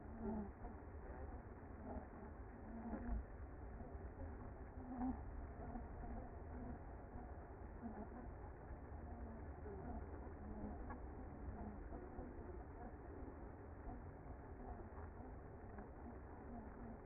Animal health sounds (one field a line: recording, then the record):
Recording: honeybee colony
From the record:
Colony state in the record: active